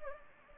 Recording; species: mosquito wingbeat signal from an infrared sensor; Anopheles gambiae